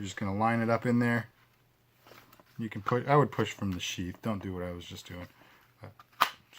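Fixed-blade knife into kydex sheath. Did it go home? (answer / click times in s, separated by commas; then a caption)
yes / 6.2 s. A fixed-blade knife is lined up and pushed into a molded kydex sheath by pushing from the sheath mouth while someone talks. Speech fills most of the clip, with faint handling ticks near 2.3 s and 5.8–6.0 s. A sharp click at 6.2 s marks the knife snapping into the sheath, seated super solid.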